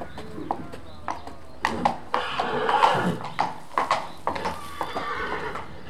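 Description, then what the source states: Horses snorting and stamping: sharp knocks and short breathy blasts repeat over a quiet background. Horses, described as nervous.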